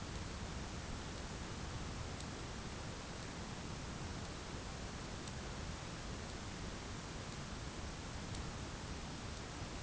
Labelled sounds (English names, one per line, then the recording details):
none
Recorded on Arctic tundra, site ZACK-1, on 11 June 2019
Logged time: 01:49